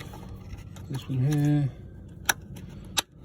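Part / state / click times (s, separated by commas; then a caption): electrical connector onto fuel injector / seated / 2.3 s, 3.0 s. A plastic electrical connector is pushed back onto a fuel injector during injector reassembly on a 1.4 TSI engine. Someone talks, then sharp clicks sound at 2.3 s and 3.0 s as the connector seats.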